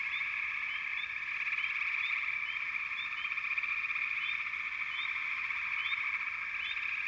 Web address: Nature Sounds Sounds of Nature Collection 28 Frog Chourus